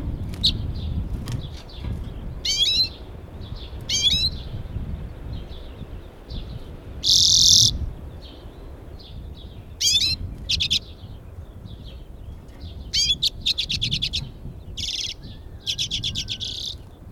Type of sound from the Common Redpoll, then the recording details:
call. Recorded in the wild. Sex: male. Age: adult. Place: Binz, Insel Rügen, Mecklenburg-Vorpommern, DE. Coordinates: 54.402, 13.606. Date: 1978-05-11 08:20. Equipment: Nagra III BH, Sennheiser MD 21. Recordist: Schubert, Michael